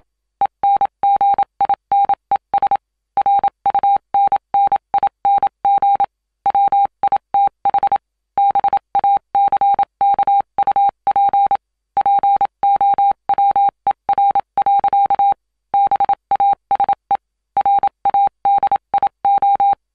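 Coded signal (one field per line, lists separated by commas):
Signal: Morse code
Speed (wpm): 27 wpm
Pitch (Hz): 800 Hz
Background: none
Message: ENGINES RUNNING WITH BACKUP POWER. BASE RADIO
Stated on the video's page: SOS Morse code sound effect, various World War style Morse transmitter sounds.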